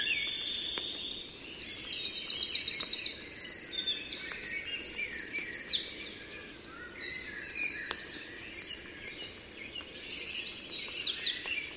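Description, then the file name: Eurasian wren song: long, continuous bursts of high, fast trills and twittering notes, fading between phrases and surging again at the end. "Troglodytes troglodytes"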